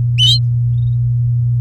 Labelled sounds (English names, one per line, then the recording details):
Domestic Canary song
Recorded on 4 May 2018 at 09:57
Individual llb16